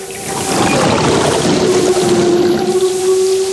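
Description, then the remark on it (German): A wind sound effect in a radio play, requested from the sound technician Andy: a loud, steady rushing noise that holds for a few seconds, with a thin, wavering whistle running through it and no voices. “Andy, Wind bitte und das Geräusch davonstiebender Illusionen.”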